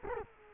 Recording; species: mosquito wingbeat signal from an infrared sensor; Culex quinquefasciatus